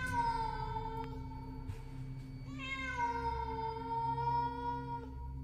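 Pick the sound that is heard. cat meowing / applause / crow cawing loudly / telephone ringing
cat meowing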